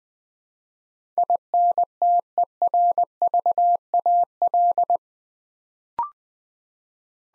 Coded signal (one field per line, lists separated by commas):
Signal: Morse code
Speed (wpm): 20 wpm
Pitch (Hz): 700 Hz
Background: none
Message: INTERVAL